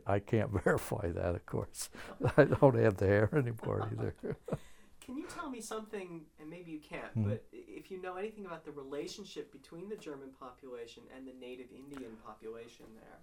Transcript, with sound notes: I, I can't verify that, of course. I don't have the hair anymore, either. (they laugh)
Can you tell me something, and maybe you can't, but if you know anything about the relationship between the German population and the native indian population there?